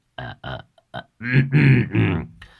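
A voice clears its throat: three short, clipped grunts followed by three longer, louder rasping pushes, low and gravelly, with no talking around them.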